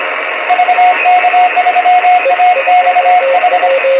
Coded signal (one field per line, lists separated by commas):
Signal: Morse code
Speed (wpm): 25 wpm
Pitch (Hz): 720 Hz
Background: radio noise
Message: VK3AXH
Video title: VK3AXH cw qso with E21EJC on Satellite DOSAAF-85 (RS-44) 17 NOVEMBER 2020